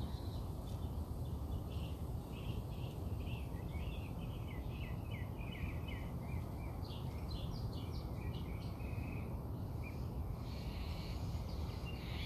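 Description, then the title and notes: Bird song: busy high chirps and warbles, continuous low rumbling noise throughout. Birds singing outside the recordist's house. "Bird Songs Part Two. More bird songs outside my house"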